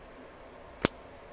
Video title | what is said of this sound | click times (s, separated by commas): Amazon Live Deals | If you listen, you should have heard that click there. So it's nice and solid in there. | 0.9 s